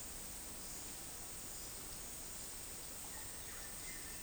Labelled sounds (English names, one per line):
White-shouldered Antbird